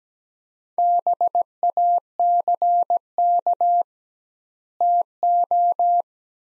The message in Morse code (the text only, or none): BACK TO